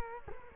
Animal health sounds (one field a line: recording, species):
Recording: mosquito wingbeat signal from an infrared sensor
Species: Culex quinquefasciatus